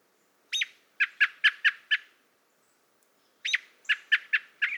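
American robin calls, sharp chip notes given in two bursts of five or six, separated by a pause of about a second and a half, with otherwise quiet surroundings.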